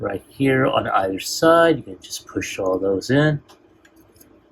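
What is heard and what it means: Someone talks while handling a plastic Transformers One Quintesson High Commander transforming robot figure, getting ready to push its panel tabs into the slots on either side during transformation. After the talking, a few faint ticks are heard around 3.9 and 4.2 seconds. Nothing has seated or clicked into place yet.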